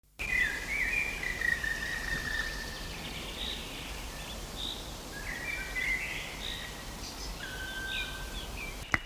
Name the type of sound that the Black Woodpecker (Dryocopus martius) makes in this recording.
flight call